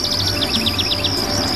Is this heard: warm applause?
no